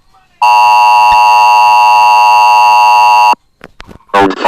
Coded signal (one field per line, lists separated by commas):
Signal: Emergency Alert System (SAME) tones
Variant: 853 and 960 Hz attention tone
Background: speech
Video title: EAS Scenario: LenTotally's Revenge P1